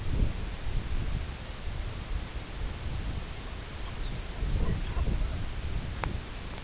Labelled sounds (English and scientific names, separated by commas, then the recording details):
Lapland Longspur (Calcarius lapponicus), Brent Goose (Branta bernicla)
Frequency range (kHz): Lapland Longspur (Calcarius lapponicus) 1.3-6.0 kHz
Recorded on Arctic tundra, site CORI-1, on 18 June 2018
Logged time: 22:00